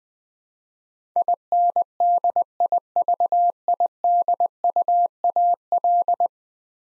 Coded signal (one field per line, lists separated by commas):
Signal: Morse code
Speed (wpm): 20 wpm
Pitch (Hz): 700 Hz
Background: none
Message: INDIVIDUAL